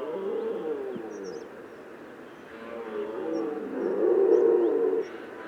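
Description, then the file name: Red deer bellowing, a long, rough roar that fades in the middle, then swells louder and ends abruptly. Rutting bellow of red deer. "Brame"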